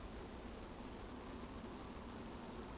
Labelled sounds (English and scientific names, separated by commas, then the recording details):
Eurasian Woodcock (Scolopax rusticola) whistle
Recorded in Baden-Württemberg, Germany, on 25 June 2020 at 20:38 UTC
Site 14569, 102 m above sea level